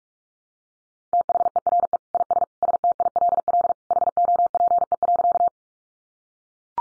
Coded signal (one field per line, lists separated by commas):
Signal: Morse code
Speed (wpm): 44 wpm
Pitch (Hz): 700 Hz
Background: none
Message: THERE IS STILL HOPE.